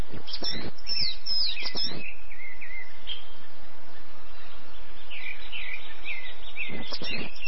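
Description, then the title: Bird song: a continuous stream of chirps and short whistled phrases, over a heavy low rumble with loud thumps near the start and end. "LuckyPassaro Completos2Sama"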